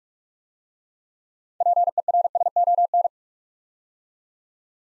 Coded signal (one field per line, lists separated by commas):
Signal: Morse code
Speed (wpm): 44 wpm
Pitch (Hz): 700 Hz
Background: none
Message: PERSON